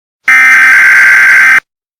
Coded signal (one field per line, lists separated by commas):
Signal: Emergency Alert System (SAME) tones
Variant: header bursts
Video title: EAS